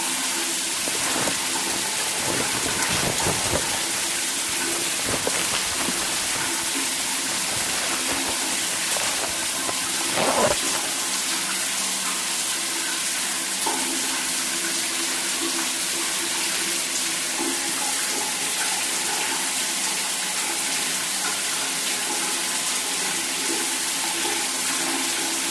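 A shower runs steadily throughout, a dense hiss of spraying water with a faint low hum beneath it. During the first ten seconds there are scattered knocks and shuffles, with a sharper bump near ten seconds; after that the spray continues evenly.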